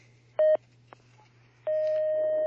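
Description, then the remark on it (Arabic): A listener's phone call to a radio question-and-answer program connects: a short electronic tone burst, a faint click, then a long steady ringback tone over a low constant hum, with no voices. “معنا هذا الاتصال.”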